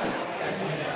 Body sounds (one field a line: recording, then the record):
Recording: coughing mixed with background sound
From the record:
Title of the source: Spring Cold Coughing 3